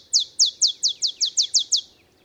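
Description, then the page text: Olive sparrow song: a bouncing series of nine sharp, downslurred chips, evenly spaced and slightly quickening, ending in quiet. Male olive sparrow singing in early morning in Texas, 50 miles north of the Mexican border; simple songs reminiscent of a field sparrow's bouncing-ball song. "Olive sparrow. Recording early morning just 50 miles north of the Mexican border in Texas"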